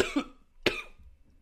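Two short, harsh cough bursts about half a second apart, the second sharper and louder, each with a brief rough tail, from an adult man who has been ill for several days with a sore, burning throat, as if a hot coal were lodged in it, and phlegm in his throat.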